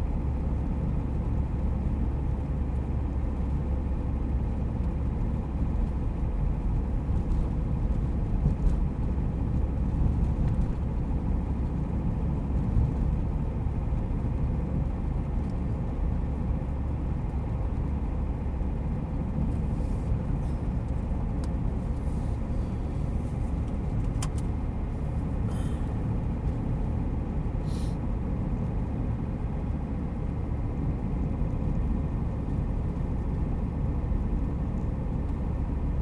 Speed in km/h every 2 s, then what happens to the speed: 50, 50, 49, 49, 50, 52, 53, 52, 52, 51, 53, 54, 55, 54, 54, 54, 52, 52.
0-36 steady at about 52.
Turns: none.